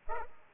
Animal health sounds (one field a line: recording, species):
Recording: mosquito wingbeat signal from an infrared sensor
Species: Culex pipiens